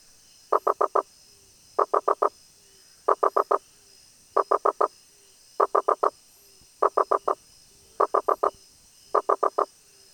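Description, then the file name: Rosenberg's gladiator frog calling with regular groups of four rapid, hollow knocks, over a soft steady hiss. "Boana rosenbergi"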